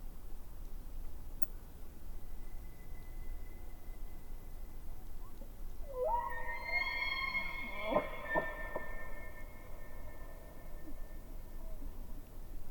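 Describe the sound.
Elk bugle: a rising, harmonic-rich wail that climbs into a high sustained whistle, punctuated by a couple of sharp grunts, against a constant low background rumble.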